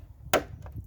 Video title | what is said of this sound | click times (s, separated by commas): KTM RC390 Oil Filter Change - Full step-by-step walkthrough | like so to hear a click and then that renders it loose | 0.3 s